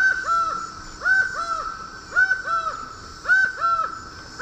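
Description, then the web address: Laughing falcon song: loud paired hollow notes, each note arching up then down, the pairs repeated about once a second. Song; South America, Eastern Lowlands. "Natures Songs S America Eastern Lowlands Herpetotheres cachinnans, song"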